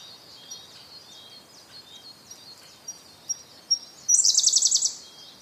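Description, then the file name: Siberian blue robin singing: several soft, spaced, high clicks lead into a bright, rapid trill of evenly repeated notes, with other birds chirping steadily behind. "koruri"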